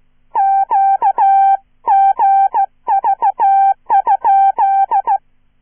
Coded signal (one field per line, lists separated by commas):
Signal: Morse code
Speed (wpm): 15 wpm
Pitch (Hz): 780 Hz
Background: none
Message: QGV?